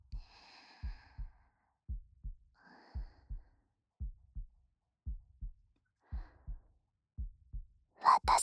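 An adult's own heartbeat, heard up close: steady paired lub-dub beats, about 56 a minute, in a regular rhythm, with soft breaths at the start, played to help the listener fall into deeper sleep.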